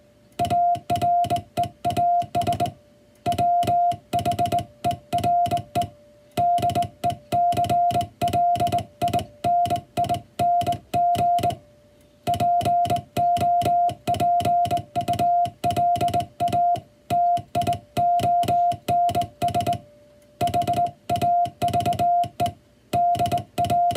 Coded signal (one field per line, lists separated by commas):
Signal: Morse code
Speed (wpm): 22 wpm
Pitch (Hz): 700 Hz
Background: music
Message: AREAS WHERE DECLINING POPULATIONS HAVE DA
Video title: 【欧文モールス符号】第１級総合無線通信士の電気通信術の送信試験は５分間です。５分間で何字送信できるのか挑戦してみました。(training for radio operator)